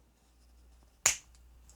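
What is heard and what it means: The second arm of a plastic Blokees Action Edition Transformers One Optimus Prime (Orion Pax) model-kit action figure is popped into its shoulder joint. A single loud, bright snap sounds at 1.1 s over a steady low hum, followed by a few faint ticks and a short sharp click near the end. The arm seats firmly in the shoulder joint.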